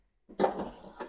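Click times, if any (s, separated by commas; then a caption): none. An air fryer basket drawer loaded with chicken wings is handled as it is pushed back toward the air fryer body. After a short silence, soft scraping and sliding sounds start around 0.3 s, get louder near 0.4 s, fade, and then a smaller bump follows near 1.0 s. Nothing has seated or clicked into place yet.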